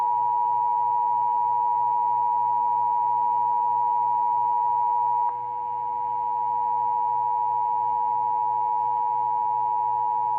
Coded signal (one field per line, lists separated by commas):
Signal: Emergency Alert System (SAME) tones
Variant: 853 and 960 Hz attention tone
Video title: EAS 7939-7956 EAS Alerts from 5/15/2025-5/17/2025 Pt. 2/3